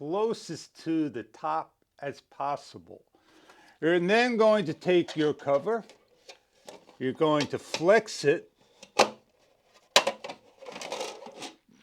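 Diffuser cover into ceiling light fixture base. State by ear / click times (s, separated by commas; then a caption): seated / 10.0 s. Someone talks while the round diffuser cover of a DODOPEN 24W black LED flush-mount ceiling light is flexed and pushed into the fixture base. A few small taps and rustles lead up to a sharp snap at 10.0 s as the cover seats in place, followed by light handling sounds.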